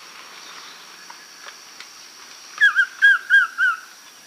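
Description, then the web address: Collared trogon giving five clear whistled notes in steady rhythm, with a thin insect drone running throughout. Ecuador. "Birds of Ecuador. Collared Trogon"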